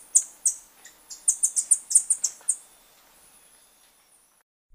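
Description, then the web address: Flame-faced tanager calls: a quick series of sharp, very high tsit notes, a few spaced notes followed by a rapid run of about eight, then quiet. Recorded in Ecuador. "Birds of Ecuador. Flame-faced Tanager"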